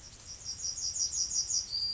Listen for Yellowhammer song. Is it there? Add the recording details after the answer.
yes. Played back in grassland. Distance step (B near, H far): D. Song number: 046